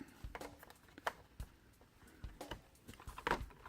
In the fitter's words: get them back on, you just press until you hear click.